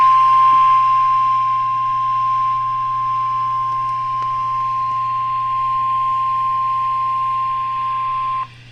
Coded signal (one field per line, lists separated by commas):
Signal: Emergency Alert System (SAME) tones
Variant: 1050 Hz attention tone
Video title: EAS 346- Another SVR on WXJ53 and WAKL